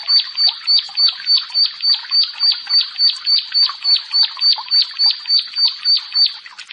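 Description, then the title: Bar-winged prinia song: evenly spaced, bright high chirps, about three or four per second, tailing off at the end. "Ciblek Sawah 1"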